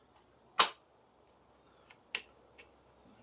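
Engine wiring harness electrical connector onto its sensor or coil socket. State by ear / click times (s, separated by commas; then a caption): seated / 2.2 s. A plastic electrical connector on the engine wiring harness of a 2017 GMC Acadia is pushed back onto its sensor or coil socket after the intake is reinstalled. A loud, sharp broadband crack comes at 0.6 s, then a faint tick, and a clear click at 2.2 s as the connector snaps into place. The connector is confirmed seated.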